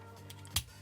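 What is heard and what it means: The plastic waist section of a Transformers Studio Series 86 Bumblebee toy robot is pulled in toward the torso during a transformation. A couple of faint plastic ticks are heard at 0.3 s and 0.5 s before a sharp, bright click at 0.6 s as the waist clips into place, over a low steady hum.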